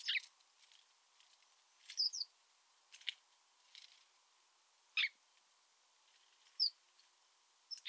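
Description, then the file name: House sparrow chirping, short sharp notes and doubled chirps scattered irregularly over a quiet background. "Passer domesticus"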